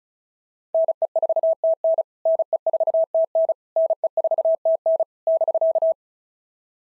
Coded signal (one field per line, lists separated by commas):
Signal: Morse code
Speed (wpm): 34 wpm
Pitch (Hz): 650 Hz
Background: none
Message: NE4TN NE4TN NE4TN <BK>